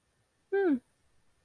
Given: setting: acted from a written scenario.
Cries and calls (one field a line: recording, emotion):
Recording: vocal sound without words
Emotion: amusement